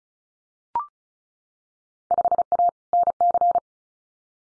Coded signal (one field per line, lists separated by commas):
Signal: Morse code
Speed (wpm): 36 wpm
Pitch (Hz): 700 Hz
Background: none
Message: 5A NC